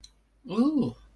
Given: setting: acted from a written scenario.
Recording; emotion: vocal sound without words; desire